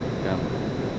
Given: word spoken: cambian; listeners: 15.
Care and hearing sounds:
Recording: one Spanish word in noise, from a listening test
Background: speech-shaped noise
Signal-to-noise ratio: -4.1 dB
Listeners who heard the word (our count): 0 of 15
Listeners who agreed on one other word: 6 of 15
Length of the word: 0.59 s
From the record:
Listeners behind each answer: 6, 5, 2, 1, 1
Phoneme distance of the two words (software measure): 34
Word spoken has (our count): 2 syllables, 7 phonemes, stress on syllable 1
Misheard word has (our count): 2 syllables, 5 phonemes, stress on syllable 1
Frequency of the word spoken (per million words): 11.29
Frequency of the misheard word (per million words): 201.72

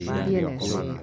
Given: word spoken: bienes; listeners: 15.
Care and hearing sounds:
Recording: one Spanish word in noise, from a listening test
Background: four-talker babble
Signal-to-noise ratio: 0.8 dB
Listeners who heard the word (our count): 2 of 15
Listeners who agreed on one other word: 7 of 15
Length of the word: 0.63 s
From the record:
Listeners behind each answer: 7, 3, 2, 2, 1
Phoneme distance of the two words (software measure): 10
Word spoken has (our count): 2 syllables, 6 phonemes, stress on syllable 1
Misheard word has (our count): 2 syllables, 6 phonemes, stress on syllable 1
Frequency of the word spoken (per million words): 57.84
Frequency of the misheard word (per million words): 75.19

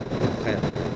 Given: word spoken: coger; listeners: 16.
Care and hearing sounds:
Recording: one Spanish word in noise, from a listening test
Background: noise modulated by three-talker babble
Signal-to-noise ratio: -6.1 dB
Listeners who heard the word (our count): 0 of 16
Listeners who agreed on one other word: 8 of 16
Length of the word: 0.56 s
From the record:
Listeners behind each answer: 8, 5, 1, 1, 1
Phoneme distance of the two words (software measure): 20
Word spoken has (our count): 2 syllables, 5 phonemes, stress on syllable 2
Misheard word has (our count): 2 syllables, 5 phonemes, stress on syllable 2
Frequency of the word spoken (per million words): 13.98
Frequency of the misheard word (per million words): 405.98

